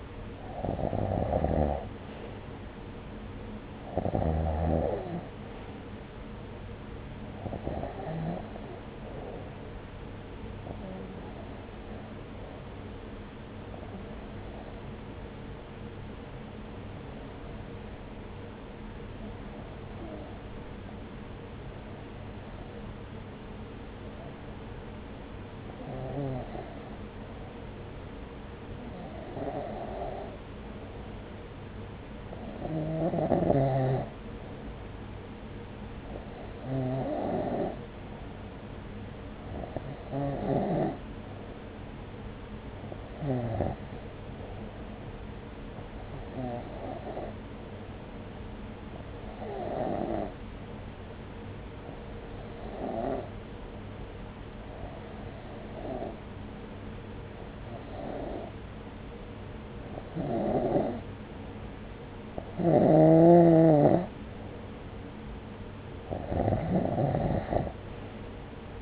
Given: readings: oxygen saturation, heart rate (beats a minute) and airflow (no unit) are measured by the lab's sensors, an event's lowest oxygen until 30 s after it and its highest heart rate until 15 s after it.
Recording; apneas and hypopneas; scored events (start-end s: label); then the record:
breathing in sleep by a voice recorder at the bedside; 1
17.00-63.90 s: hypopnea (REM, oxygen 96% highest, then 91% lowest, heart rate 68 at the start, 69 highest)
From the record:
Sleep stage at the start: REM sleep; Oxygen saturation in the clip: 91 to 96%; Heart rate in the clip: 65 to 71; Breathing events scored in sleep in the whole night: 303 in 8.1 hours asleep